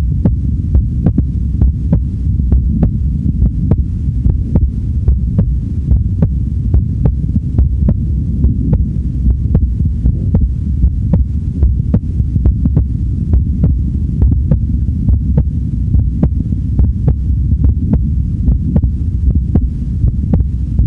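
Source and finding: Heart, amplified. Heartbeat.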